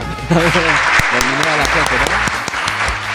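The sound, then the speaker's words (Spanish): A studio audience claps steadily in a dense, crackling wash of applause, with voices talking loudly over it and sharp clap transients punctuating throughout. “Pero muy buenas noches, gente de Goyeneche Tarantino, programa número... ¿cuál? 50. Bien ahí, aplausos.”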